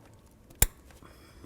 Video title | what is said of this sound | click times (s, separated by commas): How to Replace Oil Pressure Sensor 1994-2004 Chevy S-10 | now that we have that screwed in let's go ahead and put on our wiring connector here give it a nice click | 0.6 s